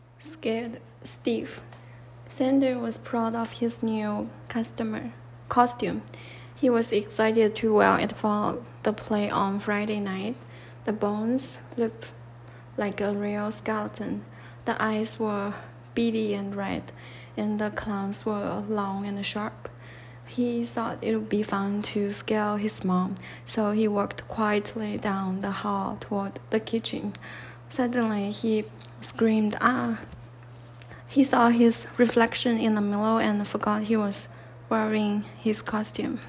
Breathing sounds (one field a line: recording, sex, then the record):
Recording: reading aloud after running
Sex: female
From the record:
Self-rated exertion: light exertion (2 of 6)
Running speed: 5 miles an hour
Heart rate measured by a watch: 98 beats a minute at the start, 100 at the end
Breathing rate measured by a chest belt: 21 breaths a minute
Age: 30 years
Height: 160 cm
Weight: 51 kg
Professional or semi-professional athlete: no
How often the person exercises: 3 to 5 times a week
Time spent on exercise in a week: over 5 hours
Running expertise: no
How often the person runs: 3 to 5 times a week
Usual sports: running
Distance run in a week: 60 km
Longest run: 42 km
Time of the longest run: 267 minutes